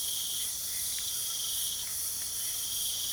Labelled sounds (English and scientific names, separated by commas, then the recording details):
none
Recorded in pastures near Puerto Asís, Putumayo, Colombia, on 8 March 2025 at 01:00
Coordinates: 0.497, -76.327
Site G072